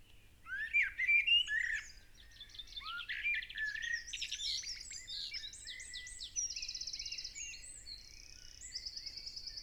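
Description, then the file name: Common blackbird singing low, rich fluted phrases that pass into a long, high, scratchy twittering tail with rapid buzzy trills. "Turdus merula"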